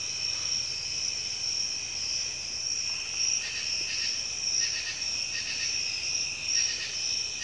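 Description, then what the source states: Insects in a night chorus, an unbroken high ringing trill with softer pulsed chirps that come and go. At night; cicadas and insects together.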